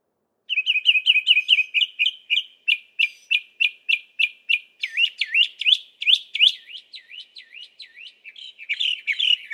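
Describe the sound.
Northern mockingbird song: a fast run of short repeated chirps near one pitch, then looping up-and-down slurred notes repeated several times.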